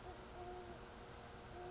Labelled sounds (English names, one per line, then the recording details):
Great Horned Owl
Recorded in Sonoma County, California